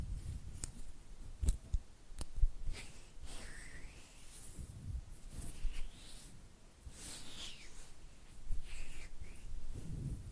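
Oily hand and fluttering finger sounds: slick, wet squelches and soft rubbing, with sharp clicks near 1.5 and 2.2 seconds and low thumps throughout.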